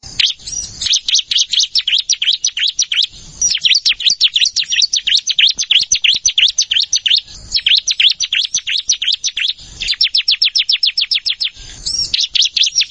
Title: Ciblek Sawah